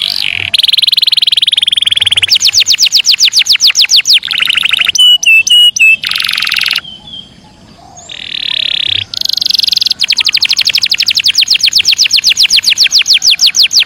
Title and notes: KENARI GACOR DOR BIKIN EMOSI. Kenari Panda